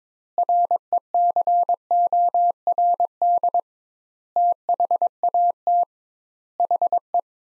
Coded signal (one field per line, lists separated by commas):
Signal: Morse code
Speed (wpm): 22 wpm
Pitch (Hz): 700 Hz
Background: none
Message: RECORD THAT HE